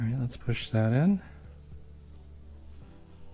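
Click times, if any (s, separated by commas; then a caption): 2.2 s. Someone talks while the crimped terminal on the ground wire is pushed into the plastic connector housing of a custom third brake light pulser wiring harness for a Chevy SS. A sharp click at 2.2 s marks the terminal pin snapping into the housing, seated in place.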